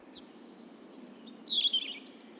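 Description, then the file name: European robin singing a single brief phrase: a long, very high whistled note, then a run of rapid notes dropping lower in pitch, ending on another high whistle. "Erithacus rubecula"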